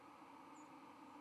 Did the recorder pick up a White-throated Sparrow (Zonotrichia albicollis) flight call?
no